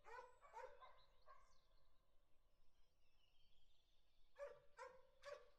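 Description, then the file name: Dog barks at the start, a quiet gap with faint tones, then a fresh run of barks. Dogs recorded together with a car. "dogsandcar"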